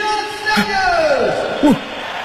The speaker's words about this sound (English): Now the applause dies down.